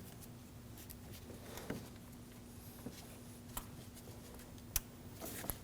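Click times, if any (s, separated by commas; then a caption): 4.8 s. The plastic electrical connector is plugged back onto the rear variable valve timing solenoid of a 2013–2015 Subaru XV Crosstrek 2.0L H4, and it clicks into place at 4.8 s, with a sharp peak louder than the other hits. Softer handling taps and rustles come before it over a steady low hum, and another short tap follows at 5.5 s. The connector is seated.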